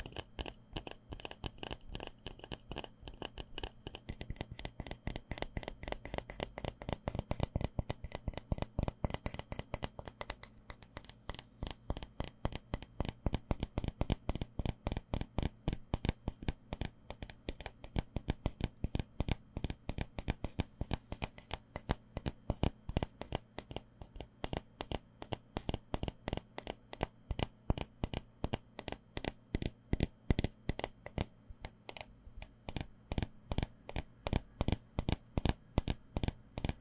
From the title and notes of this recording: 紙杯. 紙盒.紙容器觸發. Tapping Cardboard Cups. NO Talking.